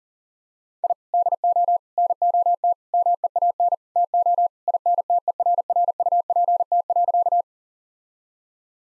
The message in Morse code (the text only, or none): I DO NOT MEAN TO INTERRUPT.